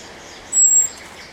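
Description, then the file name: Eurasian blackbird uttering a single high, thin, level whistle lasting about a third of a second, with faint background noise. "Turdus merula"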